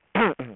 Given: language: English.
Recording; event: throat vibration sensor signal played as sound; throat clearing